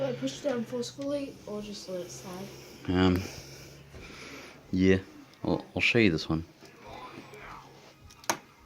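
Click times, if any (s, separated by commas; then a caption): 8.3 s. Someone talks while an expansion or memory card is pressed into its motherboard slot one corner at a time. At 8.3 s there is a sharp click as the plastic side retention tabs snap shut. The card is seated and held in place.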